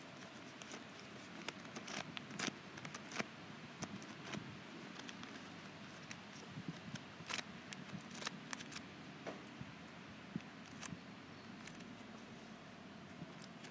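Index cards being handled, with frequent sharp papery clicks and flicks scattered over a steady low rumble throughout the fourteen seconds.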